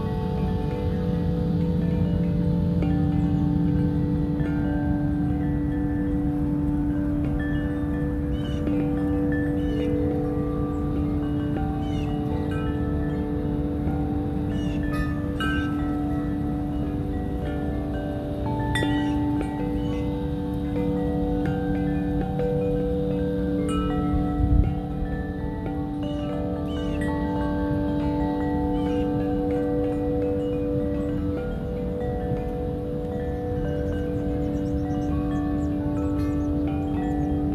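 A chime tree rings continuously, its metal tones overlapping into a sustained, shimmering wash with many bright, sparkling strikes scattered throughout. A steady low rumble sits beneath the ringing, and a single sharp knock stands out around the 25-second mark.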